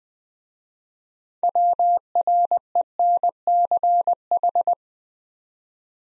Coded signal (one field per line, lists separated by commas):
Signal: Morse code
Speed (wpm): 20 wpm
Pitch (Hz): 700 Hz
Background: none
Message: WRENCH